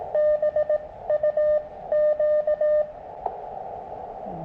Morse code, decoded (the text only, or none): BUQ